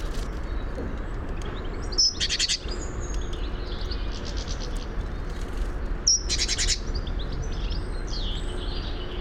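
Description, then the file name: Great tit uttering two harsh, buzzy chattering bursts about four seconds apart, with fainter bird notes and a steady low rumble behind. "Parus major"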